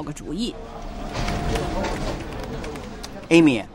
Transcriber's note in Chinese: Office ambience